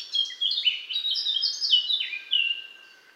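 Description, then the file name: Eurasian blackcap singing a continuous, loud warble of clear whistled notes that leap between high and lower pitches, fading at the end. "Sylvia atricapilla"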